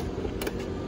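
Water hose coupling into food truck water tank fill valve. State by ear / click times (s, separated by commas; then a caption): seated / 0.4 s. A water hose coupling is pulled forward and connected to the water fill key/valve of a food truck's water tank. A short, sharp snap is heard at 0.4 s over a steady low background rumble. The coupling is seated, and water flows to the tank.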